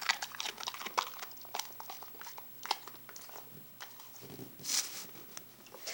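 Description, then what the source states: Dog chewing, with crisp crunching bites coming in irregular bursts, plus a steady low hum underneath. Puppy named Gabe eating a baby carrot.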